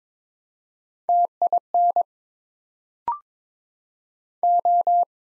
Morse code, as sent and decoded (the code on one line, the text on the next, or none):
- .. -. / ---
TIN O